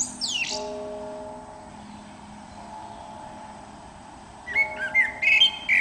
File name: Turdus merula